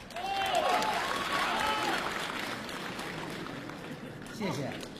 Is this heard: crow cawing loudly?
no